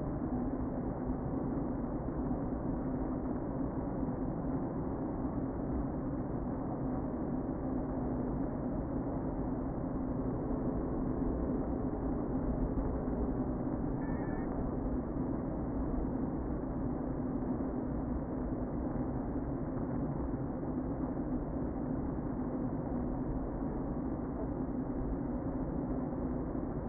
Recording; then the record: honeybee colony, microphone inside the hive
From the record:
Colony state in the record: queen present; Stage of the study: before two queens were removed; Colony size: about 60,000 bees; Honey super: yes